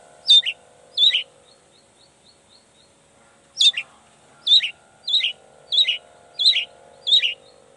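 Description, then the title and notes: Long-tailed shrike calls: two sharp harsh notes, a few faint soft ticks, then a series of six similar harsh notes roughly every two-thirds of a second, over a low hum. Long-tailed shrike in full song (gacor) in the morning, singing the 'toet toet' variation; said to prompt other shrikes to answer. "Cendet Gacor Dor Di Kala Pagi Toet Toet Variasi Suara. Cendet Gacor Pagi Hari Biangnya Bikin Cendet Manapun Langsung On Nyaut Buka Materi. Burung cendet"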